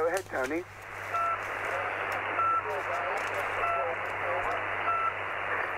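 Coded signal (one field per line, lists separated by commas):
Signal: none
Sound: radio roger beeps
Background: speech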